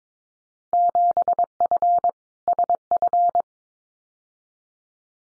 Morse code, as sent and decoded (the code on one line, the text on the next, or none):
--... ..-. / ... ..-.
7F SF